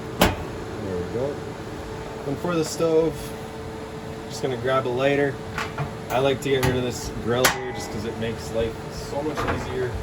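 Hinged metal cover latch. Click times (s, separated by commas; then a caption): 0.2 s. The bi-fold cover over the stove in a 2014 Golfstream Serenity is flipped and pushed back into its open position, locking in place with a sharp click at 0.2 s. Someone then talks over a steady low hum.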